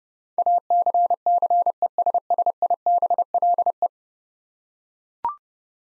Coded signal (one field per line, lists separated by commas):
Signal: Morse code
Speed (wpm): 30 wpm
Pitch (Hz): 700 Hz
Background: none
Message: ACCESSIBLE